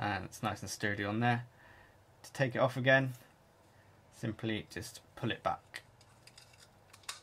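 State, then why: Released. A VicoVation Vico WF-1 dashcam body is pulled back off its adhesive windscreen mount bracket, releasing the peg. Someone talks, then after a few small clicks and taps the camera snaps out of the mount with a sharp click at 7.1 s.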